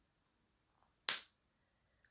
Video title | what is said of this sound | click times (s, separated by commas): How to Get Started w/ Stampin' Blends | okay you have to hear that snap otherwise your markers will dry out very quickly | 1.1 s